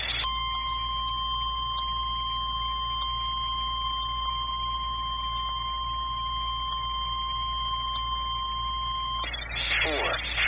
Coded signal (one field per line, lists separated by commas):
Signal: Emergency Alert System (SAME) tones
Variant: 1050 Hz attention tone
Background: speech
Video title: EAS (Triple Header) Hurricane Warning Coast of Hawaii (Hurricane Douglas) NOAA Weather Radio WWG75